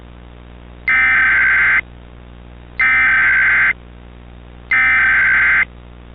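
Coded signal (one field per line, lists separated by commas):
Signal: Emergency Alert System (SAME) tones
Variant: header bursts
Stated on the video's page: Mock EAS break-ins, simulated.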